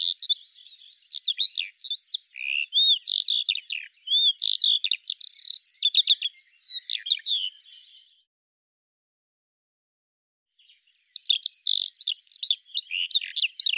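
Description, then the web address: Eurasian skylark song: about eight seconds of fast, tumbling high warbles and whistled notes, then a short silence before the bubbling song starts again. "Deverinetal 2025 File cleaned normalized Bird Al Ar"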